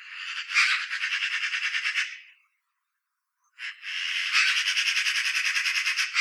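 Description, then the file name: Eurasian magpie giving two long, dry, machine-gun-like chatters of fast harsh pulses, separated by a brief silence. "Pica pica"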